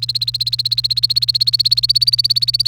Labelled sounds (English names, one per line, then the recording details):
Domestic Canary song
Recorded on 1 May 2018 at 14:57
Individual llb3